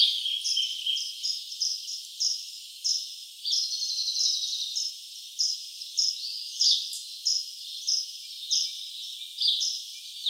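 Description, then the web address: Bird song: high, thin chirping notes repeated in quick, uneven bursts, with overlapping twittering phrases and a steady high hiss beneath. "Open Valley. birds"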